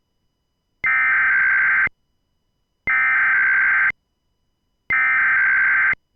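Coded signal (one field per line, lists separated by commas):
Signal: Emergency Alert System (SAME) tones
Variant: header bursts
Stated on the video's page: EAS message the uploader says they originated themselves.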